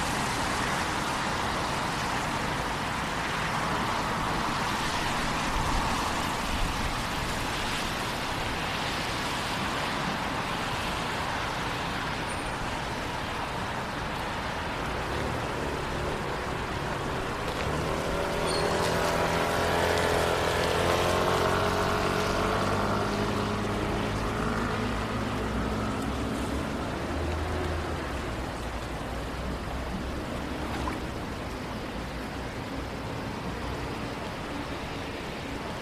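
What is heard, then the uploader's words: A walk downtown on a rainy night: a steady wash of rain and wet hiss fills the whole recording. Around eighteen seconds a vehicle passes, its engine rumble rising and falling over about ten seconds before the hiss settles again. Going For A Walk Downtown on A Rainy Night.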